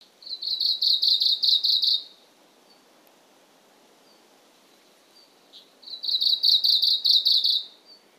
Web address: izumino saunndo meboso